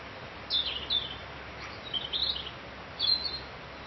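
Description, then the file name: Bird chirps: three brief high twittered phrases about a second apart, with background hiss. "Vogel"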